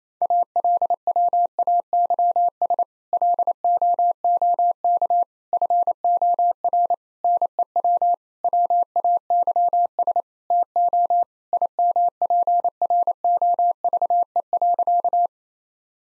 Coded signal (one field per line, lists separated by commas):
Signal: Morse code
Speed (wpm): 28 wpm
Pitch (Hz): 700 Hz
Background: none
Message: ALWAYS LOOK FOR NEW WAYS TO IMPROVE.